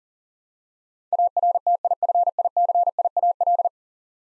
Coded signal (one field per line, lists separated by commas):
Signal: Morse code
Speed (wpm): 40 wpm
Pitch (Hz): 700 Hz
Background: none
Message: ARTIFICIAL